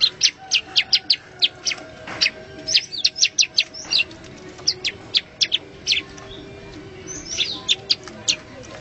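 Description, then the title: Bar-winged prinia song: a series of sharp, high chirping notes given in quick uneven runs, with brief pauses between bursts and faint background hum. "Suara Burung Ciblek"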